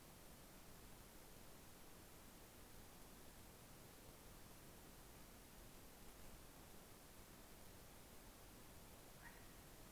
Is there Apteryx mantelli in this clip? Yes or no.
no